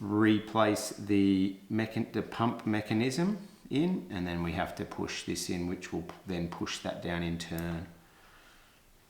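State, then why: Not seated. The plastic pump mechanism of a Posca PC-1MR paint marker, just refilled with acrylic ink, is handled and pushed back toward the marker barrel while someone talks almost throughout. Speech fills the clip until about 8 s, then only faint low background remains. Nothing has seated or clicked into the barrel yet.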